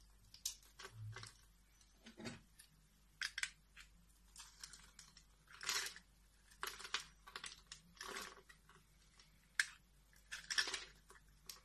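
Soap carving: a blade scrapes and shaves through a bar in short, bright strokes, each lasting a fraction of a second to about half a second, coming irregularly every second or so. A faint low hum sits underneath, with a brief low thump near the start.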